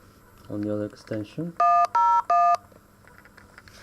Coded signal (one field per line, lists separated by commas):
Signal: DTMF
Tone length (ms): 270 ms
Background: speech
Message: 101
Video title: Acoustic Modems: recreating a small analog phone network at home!